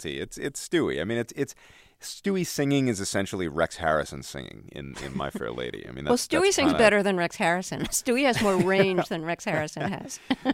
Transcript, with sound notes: It's Stewie. I mean, Stewie singing is essentially Rex Harrison singing in "My Fair Lady." I mean that's just...
Well, Stewie sings better than Rex Harrison.
(SOUNDBITE OF LAUGHTER)
Stewie has more range than Rex Harrison has.